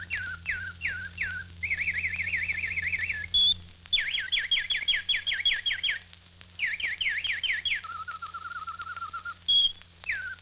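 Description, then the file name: Bird song of sharply falling whistles, fast looping warbled phrases and a lower trill, with a steady low hum underneath throughout. "G 21-04-Whistling Birds"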